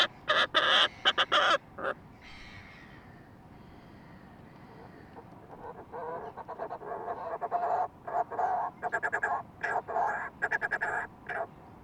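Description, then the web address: Fulmar prion calls: a loud run of rough, grating notes opens, then a quieter stretch before more buzzy chattering bursts resume and continue through the second half. "sound fulmar-prion. صدای-پرنده-پریان-بدبو"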